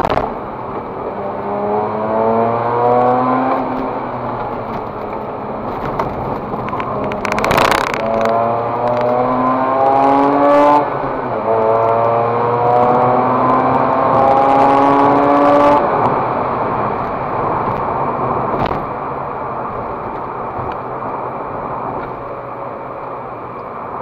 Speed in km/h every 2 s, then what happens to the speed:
81, 81, 80, 71, 79, 90, 118, 139, 143, 114, 96, 96.
0-6 slows to 71. 6-15 speeds up to 143. 16-24 brakes to 96.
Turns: 4-7.